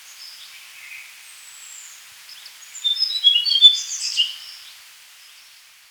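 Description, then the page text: Tickell's Blue Flycatcher song: faint thin whistles at first, then one loud, rapid phrase of high sweet jumbled notes lasting about a second and a half. "Tickell's Blue Flycatcher Song. Quick Sounds"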